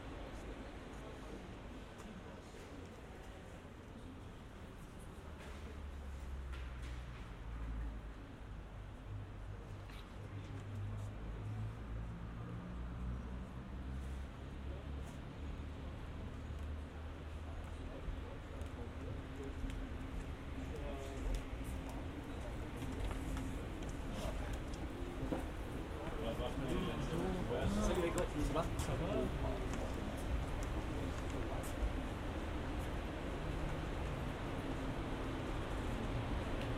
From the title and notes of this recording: Binaural production. Binaural soundscapes recorded at different locations at CERN, the European Center for Nuclear Research. Visitors at the - now historic - SynchroCyclotron (SC).